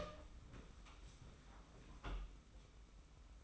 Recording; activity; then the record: daily activity, microphone in the room; open door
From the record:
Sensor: 1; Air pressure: 991.6 hPa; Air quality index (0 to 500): 125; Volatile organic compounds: 285 ppm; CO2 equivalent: 4448 ppm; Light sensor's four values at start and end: 33/109/42/43 and 33/108/42/43